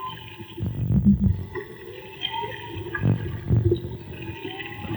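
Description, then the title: Whale song: rumbling, harmonic low moans in uneven bursts, with faint tonal lines behind. Underwater whale song picked up with a homemade hydrophone. "CANTO DE BALLENAS REGISTRADO CON UN HIDROFONO MAGMA"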